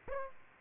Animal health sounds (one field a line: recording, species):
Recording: mosquito wingbeat signal from an infrared sensor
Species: Aedes aegypti